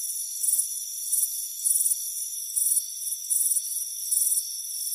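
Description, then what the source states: Crickets chirping in high, pulsed bursts, each lasting under half a second and coming irregularly, over a steady thin high-pitched drone. Chirping crickets on a warm afternoon at a front porch.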